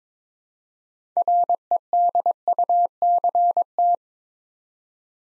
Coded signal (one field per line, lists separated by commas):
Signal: Morse code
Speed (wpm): 22 wpm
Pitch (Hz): 700 Hz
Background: none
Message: REDUCT